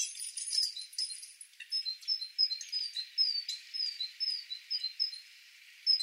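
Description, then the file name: Great tit song: repeated two-note whistled phrases in a steady see-saw rhythm, set against background hiss. "Parus major"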